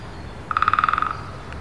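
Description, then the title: Woodpecker call: a quick run of about a dozen even, tonal notes lasting about half a second. At least two unseen woodpeckers heard calling from trees in Wandle Park, London, UK, on 3 April. "Woodpeckers in Wandle Park, London, UK on 3rd April – by Andrew Strangeway"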